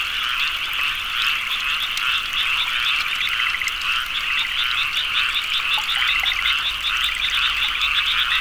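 Frogs calling in a dense chorus, many overlapping rapid croaking trills sustained without pause throughout.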